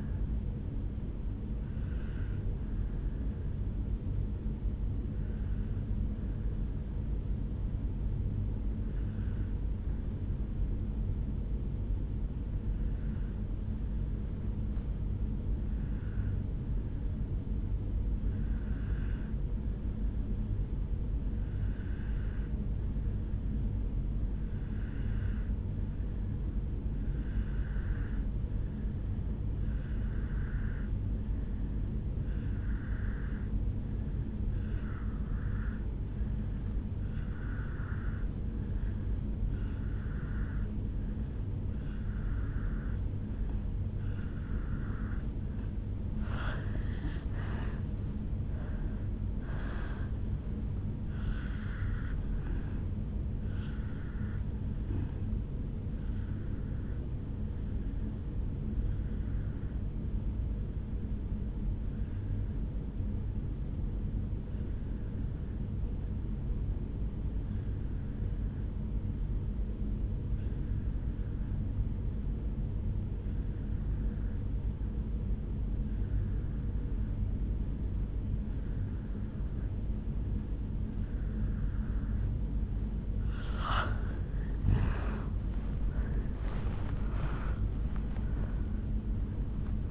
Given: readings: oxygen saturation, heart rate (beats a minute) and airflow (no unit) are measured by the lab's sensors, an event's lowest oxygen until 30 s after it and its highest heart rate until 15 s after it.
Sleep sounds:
breathing in sleep by a smartphone at the bedside; 2
4.00-45.40 s: obstructive apnea (N1, oxygen 97% highest, then 84% lowest, heart rate 58 at the start, 75 highest)
6.00-36.00 s: new sleep stage, N2 (light sleep)
36.00-66.00 s: new sleep stage, N1 (lightest sleep)
61.00-82.50 s: obstructive apnea (N1, oxygen 95% highest, then 84% lowest, heart rate 58 at the start, 76 highest)
66.00-89.91 s: new sleep stage, N2 (light sleep)
From the record:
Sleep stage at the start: N1 (lightest sleep); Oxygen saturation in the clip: 83 to 97%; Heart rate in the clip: 55 to 75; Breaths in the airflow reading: 7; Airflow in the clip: -12.4 to 9.0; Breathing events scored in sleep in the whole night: 449 in 7.0 hours asleep

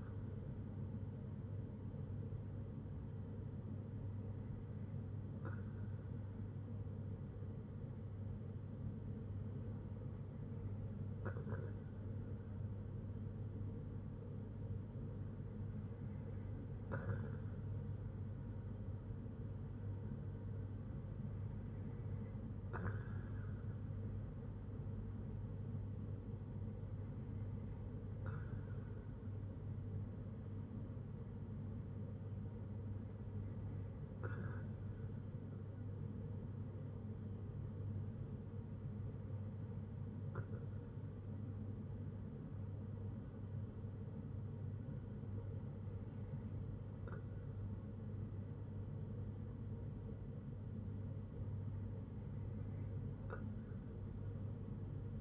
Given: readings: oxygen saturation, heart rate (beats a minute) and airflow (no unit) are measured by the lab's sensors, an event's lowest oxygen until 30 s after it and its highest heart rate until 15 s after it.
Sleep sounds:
breathing in sleep by a smartphone at the bedside; none
none scored
From the record:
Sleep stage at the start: N2 (light sleep); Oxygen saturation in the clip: 94 to 95%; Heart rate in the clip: 59 to 66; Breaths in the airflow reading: 9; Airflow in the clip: -6.3 to 4.4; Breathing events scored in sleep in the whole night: 182 in 7.4 hours asleep

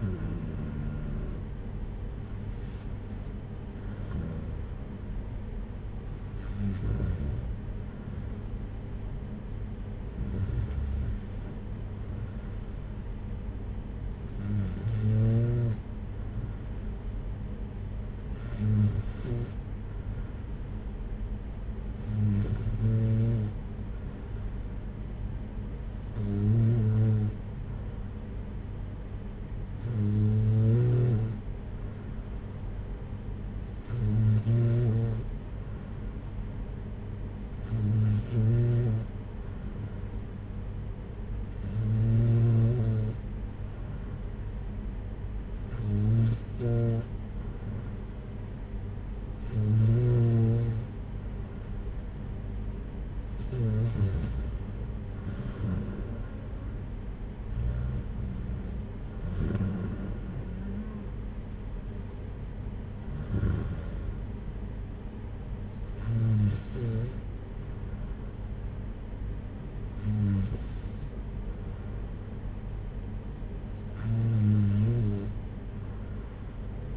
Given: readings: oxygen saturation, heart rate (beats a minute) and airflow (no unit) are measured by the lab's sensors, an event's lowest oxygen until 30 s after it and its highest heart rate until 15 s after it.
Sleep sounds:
breathing in sleep by a smartphone at the bedside; none
none scored
From the record:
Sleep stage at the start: N2 (light sleep); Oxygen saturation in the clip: 93 to 94%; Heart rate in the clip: 57 to 62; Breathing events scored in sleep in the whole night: 226 in 8.8 hours asleep

